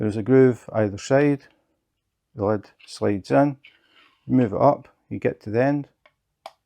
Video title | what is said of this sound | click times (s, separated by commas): Diamond Art Club First Look - Dark Mushrooms! | hear that click it's locked so | 6.5 s